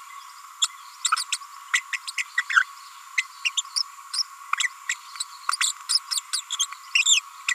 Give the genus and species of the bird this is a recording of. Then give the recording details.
Forpus passerinus. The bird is a female. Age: 30 days. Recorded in a nest box in Venezuela. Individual 17B42A4